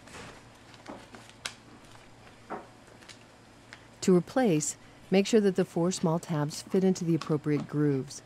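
A plastic cap is pushed onto the opening of a used paper filter bag from a Sebo Felix Series upright vacuum cleaner to seal it, with small handling ticks around 0.9, 1.2 and 1.3 seconds. The cap seats with a sharp click at 1.5 seconds, followed by faint taps near 3.1 and 3.7 seconds. Someone talks from about 4 seconds on.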